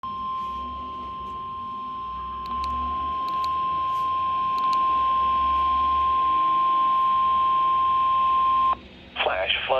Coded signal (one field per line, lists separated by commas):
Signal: Emergency Alert System (SAME) tones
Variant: 1050 Hz attention tone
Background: speech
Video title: NOAA EAS Alert #31/ TV EAS Alert #16: Flash Flood Warning (FFW) San Bernardino County, CA (WXM66)